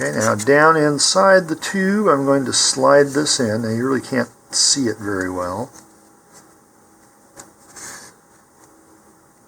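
A plastic insert is being slid down inside the body tube of an Estes "Cosmic Cargo" model rocket while someone talks for the first six seconds. Faint handling noise follows, with a brief tap at about 7.4 s and a soft rustle near 7.9 s. Nothing has seated or clicked yet.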